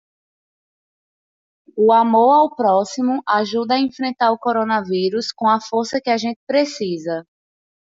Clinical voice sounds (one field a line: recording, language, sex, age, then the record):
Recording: spoken sentence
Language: Brazilian Portuguese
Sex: female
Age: 20 to 29 years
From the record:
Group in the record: control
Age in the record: 22 years